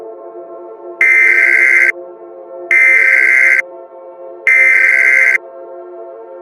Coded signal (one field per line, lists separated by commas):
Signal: Emergency Alert System (SAME) tones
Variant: header bursts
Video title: EAS Scenario 6: Broken Arrow